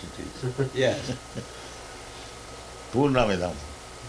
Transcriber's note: laughs